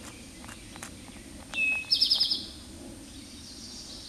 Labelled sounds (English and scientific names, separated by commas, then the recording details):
Eastern Towhee (Pipilo erythrophthalmus) song
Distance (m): 10 m
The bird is about level with the microphone
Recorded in a Pennsylvania forest on 16 May 2024 at 09:47
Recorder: AudioMoth, point MSD-0627
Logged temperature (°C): 14.8 °C
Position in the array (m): 105 m, 8 m